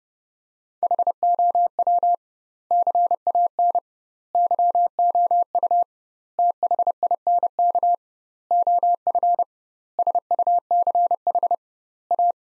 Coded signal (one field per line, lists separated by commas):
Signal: Morse code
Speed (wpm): 32 wpm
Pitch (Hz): 700 Hz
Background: none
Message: HOW CAN YOU THINK OF SUCH A